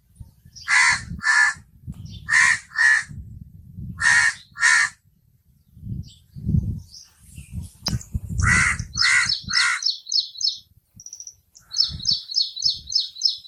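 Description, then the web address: Myna harsh calls given in quick groups of two or three, then rapid high buzzy trills, with low thumping and rumbling noise between. "animal-sound myna-sound"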